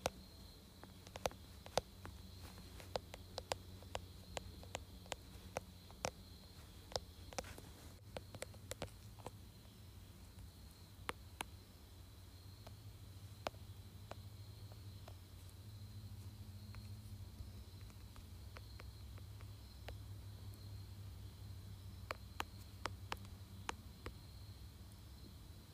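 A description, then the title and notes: Sharp, dry taps on a phone case and screen come in irregular bursts, quick clusters around the first ten seconds and again near twenty-two seconds, with sparser single taps between. A steady low hum and a faint high whine run underneath throughout. ASMR Tapping Phone Case and Screen.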